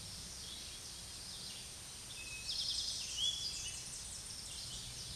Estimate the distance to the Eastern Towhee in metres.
about 40 m